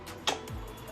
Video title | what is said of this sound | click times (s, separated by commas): पाठ दुखी आहे ?? हे वीडियो नक्की बघा Govind Collection chair shop Pune Ergonomic chairs | बघ जेव्हा आपल्याला इथं कम्फर्ट आहे तर इथं चेअर लॉक झाली मागं ओके हा आता | 0.3 s